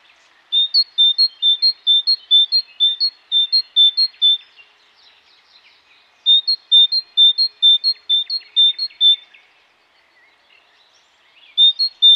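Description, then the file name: Great tit singing a ringing repeated two-note motif in two phrases separated by a short pause with quiet chatter, and the start of a third at the end. "mesange charbonniere"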